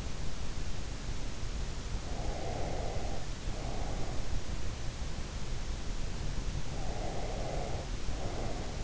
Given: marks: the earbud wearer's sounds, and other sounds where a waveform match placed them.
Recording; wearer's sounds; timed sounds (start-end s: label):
sounds in sleep by an in-ear microphone; breath
2.12-4.45 s: breath
6.97-8.84 s: breath